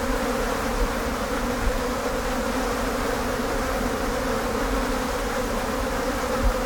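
Steady blowfly buzz, a broad humming drone, constant in level from start to finish.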